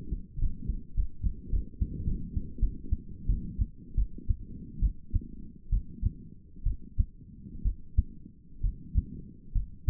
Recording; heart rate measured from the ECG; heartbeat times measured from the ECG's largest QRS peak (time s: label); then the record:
heart sounds by stethoscope; 79 bpm
0.38 s: heartbeat
0.94 s: heartbeat
1.50 s: heartbeat
2.04 s: heartbeat
2.59 s: heartbeat
3.26 s: heartbeat
3.95 s: heartbeat
4.79 s: heartbeat
5.69 s: heartbeat
6.63 s: heartbeat
7.62 s: heartbeat
8.61 s: heartbeat
9.52 s: heartbeat
From the record:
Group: healthy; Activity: rest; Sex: female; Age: 22 years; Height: 154 cm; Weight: 58.7 kg